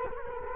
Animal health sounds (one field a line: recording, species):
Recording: mosquito wingbeat signal from an infrared sensor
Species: Culex quinquefasciatus